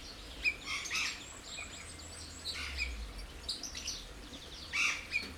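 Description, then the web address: Birds calling: scattered high chirps and short squeaky notes over a continuous low rumble. Recorded at a zoo in Jászberény, 2016. "allathangok jaszberenyizoo 2016 madarak"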